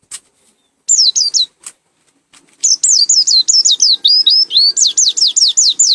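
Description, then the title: White-eye singing high, sweeping downslurred whistles, a short burst then a longer rapid series of many notes, some rising and falling, over a quiet background. Endemic white-eye from Malang, East Java. "Burung Pleci Macok Endemik Jatim Malang"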